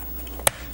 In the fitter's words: And it slides, you can hear it pop into place.